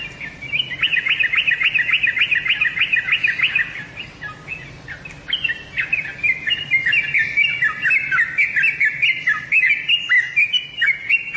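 Bird song in rapid chirps for several seconds, a short pause, then a more varied stream of squeaky twittering notes.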